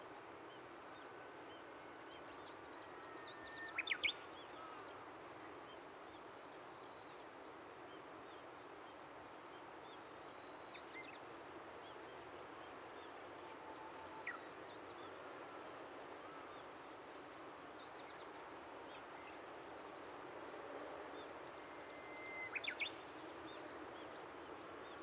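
Walking through the overgrown riverside thicket along the Tama River toward the riverbank. A steady hiss of rustling and ambient noise fills the whole clip, with brief bright chirps or calls near 4, 14 and 23 seconds and a thin high whistling tone drifting above.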